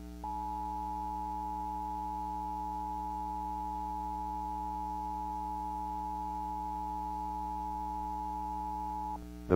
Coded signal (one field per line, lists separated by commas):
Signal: Emergency Alert System (SAME) tones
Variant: 853 and 960 Hz attention tone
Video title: EAS Child Abduction Emergency (AMBER Alert) Big Horn County, Montana Statewide Alert